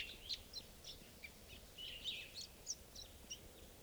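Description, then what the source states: Crossbill calls: short, sharp, high chips given in quick, irregular succession. Calling a lot from the treetops at 7:54, near a water hole.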